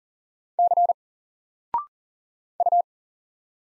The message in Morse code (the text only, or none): C U